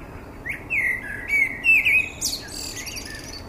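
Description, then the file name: Common blackbird song phrase: mellow fluted whistles around mid pitch, rising and falling, ending in a high squeaky twittering flourish. "Turdus merula"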